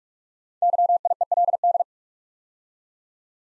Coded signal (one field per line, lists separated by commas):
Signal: Morse code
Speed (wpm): 44 wpm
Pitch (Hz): 700 Hz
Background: none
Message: YIELD